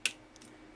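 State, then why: Seated. The plastic hip assembly of a transforming action figure, a Transformers Prime Beast Hunters Grimwing, is pulled all the way out until it clicks into its extended detent position. A sharp, bright click is heard at 0.1 s, followed by two much fainter ticks around 0.4 s. The hip joint seats in place.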